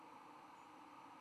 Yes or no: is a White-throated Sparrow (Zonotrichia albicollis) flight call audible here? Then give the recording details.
no. Another species' flight call is heard. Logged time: 09:43 on 10 November 2014